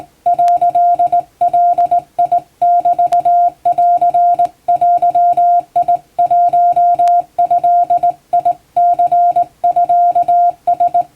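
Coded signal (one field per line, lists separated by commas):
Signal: Morse code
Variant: Japanese Wabun code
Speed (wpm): 19 wpm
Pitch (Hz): 700 Hz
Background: music, radio noise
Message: 」ガメンデ1ドニミラ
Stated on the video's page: Hand-keyed Japanese Wabun Morse sent by a first-class radiotelegraph operator for receiving practice, using typing-test practice text; playback speed adjustable.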